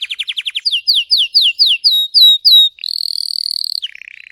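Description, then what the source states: Canary song moving from a quick trill to repeated down-slurred whistles, then a buzzy roll and a lower rapid trill. Singing Belgian canary, red frosted colour variety.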